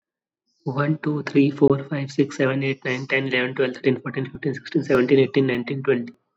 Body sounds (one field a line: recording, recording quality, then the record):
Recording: counting at a fast pace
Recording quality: excellent, no background noise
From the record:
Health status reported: COVID-19 positive, mild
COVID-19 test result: positive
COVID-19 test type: RT-PCR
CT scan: not taken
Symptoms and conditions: cough, cold, fever, fatigue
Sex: male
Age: 23 years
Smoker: no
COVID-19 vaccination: both doses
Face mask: not worn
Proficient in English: yes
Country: India